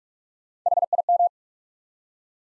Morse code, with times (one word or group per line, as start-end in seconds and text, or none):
0.7-0.8 H
0.9-1.0 I
1.1-1.3 M